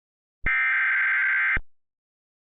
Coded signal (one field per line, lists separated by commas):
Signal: Emergency Alert System (SAME) tones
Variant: header bursts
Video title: EAS Mock - Waukesha | #JerrysPDSTORChallenge